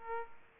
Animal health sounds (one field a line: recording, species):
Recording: mosquito wingbeat signal from an infrared sensor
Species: Aedes aegypti